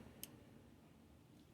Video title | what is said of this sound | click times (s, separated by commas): QQT Studio Superion Upgrade kit Liberation full set review Age of the Primes Aerialbots add-on | There we go. Gives an extra little click. Now, it's fully secured in place. | 0.2 s